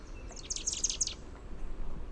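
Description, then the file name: Chestnut-backed chickadee gargle: a quick jumbled run of very high, thin notes lasting under a second, over a low steady background hiss. "CBCH gargle"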